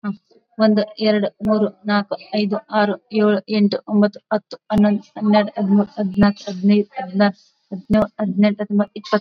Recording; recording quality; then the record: counting at a fast pace; moderate, slight background noise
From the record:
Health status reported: COVID-19 positive, mild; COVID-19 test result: positive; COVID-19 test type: RT-PCR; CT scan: not taken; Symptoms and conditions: cough, fever, muscle pain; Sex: female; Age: 25 years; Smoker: no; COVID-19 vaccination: one dose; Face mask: worn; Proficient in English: yes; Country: India